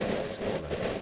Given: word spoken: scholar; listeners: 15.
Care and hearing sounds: one English word in noise, from a listening test; noise modulated by three-talker babble; -7.5 dB; 0 of 15; 8 of 15; 0.62 s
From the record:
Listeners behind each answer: 8, 5, 1, 1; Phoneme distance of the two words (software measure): 20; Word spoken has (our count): 2 syllables, 5 phonemes, stress on syllable 1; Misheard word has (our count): 2 syllables, 5 phonemes, stress on syllable 1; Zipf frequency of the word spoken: 3.32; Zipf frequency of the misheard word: 3.89

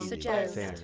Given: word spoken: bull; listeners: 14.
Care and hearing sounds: one English word in noise, from a listening test; four-talker babble; -0.4 dB; 0 of 14; 14 of 14; 0.44 s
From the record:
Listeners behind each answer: 14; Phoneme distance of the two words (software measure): 51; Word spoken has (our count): 1 syllable, 3 phonemes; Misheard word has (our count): 2 syllables, 6 phonemes, stress on syllable 2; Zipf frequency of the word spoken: 4.28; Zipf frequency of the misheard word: 4.63

